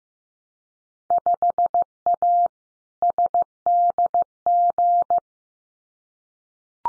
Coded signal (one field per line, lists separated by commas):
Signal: Morse code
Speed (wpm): 15 wpm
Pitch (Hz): 700 Hz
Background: none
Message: 5A SDG